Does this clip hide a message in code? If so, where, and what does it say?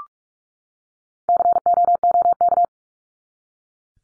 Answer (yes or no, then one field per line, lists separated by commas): yes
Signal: Morse code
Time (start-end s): 1.3-2.6 s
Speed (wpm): 44 wpm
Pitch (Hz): 700 Hz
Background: none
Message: COOK